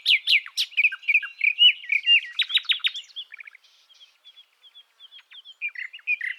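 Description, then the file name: Common nightingale song: crisp clicks and chattering notes running into a fast trill, followed by soft spaced whistles and a short warble at the end. "Luscinia megarhynchos"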